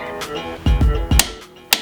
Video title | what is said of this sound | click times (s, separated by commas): Changing motorcycle tires - Start working on your Motorcycle | that click that's it and now let's put the calipers back on | 1.2 s, 1.7 s